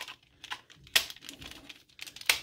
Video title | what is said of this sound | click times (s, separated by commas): Patriot Prime Reviews 2005 Cybertron Optimus Prime (Galaxy Force) | snaps right into place and | 1.0 s, 2.3 s